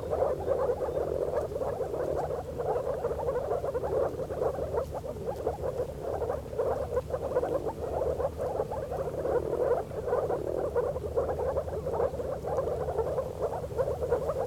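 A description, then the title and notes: A dense, unbroken chorus of banded bullfrogs croaks in a steady, pulsing throb, with a low rumble and faint patter underneath throughout. Tim Shaw - Banded Bullfrog Chorus in Thunderstorm – Lamma Island, Hong Kong.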